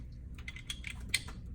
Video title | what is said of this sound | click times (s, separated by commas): Intubation sjvc part 2 | not now you heard the snap so snap | 1.1 s